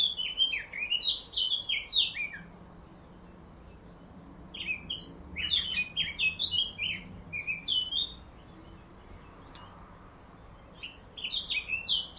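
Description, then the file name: Eurasian blackcap song: three separate bursts of fast, fluty warbling divided by quiet gaps, the last cut short. "Sylvia atricapilla"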